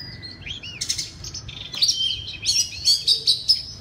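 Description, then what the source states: Oriental magpie-robin song: a brief run of loud whistled and buzzy notes, ending in a quick series of bright notes. Loud song in the 'ngeplong' style of the kacer.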